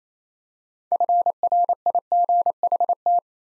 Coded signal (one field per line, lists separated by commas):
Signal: Morse code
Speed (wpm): 28 wpm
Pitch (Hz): 700 Hz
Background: none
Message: FRIGHT